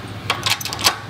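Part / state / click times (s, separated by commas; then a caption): ball bearing pressed into AC compressor clutch pulley / not seated / none. A ball bearing is being pressed into an AC compressor clutch pulley set in the press fixture. Short metallic knocks and rattles are heard around 0.3 s and 0.5 s, then another near 0.9 s, as the part is handled. Nothing has seated or clicked yet.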